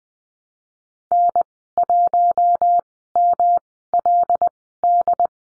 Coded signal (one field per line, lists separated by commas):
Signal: Morse code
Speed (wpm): 20 wpm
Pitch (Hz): 700 Hz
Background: none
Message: N1MLD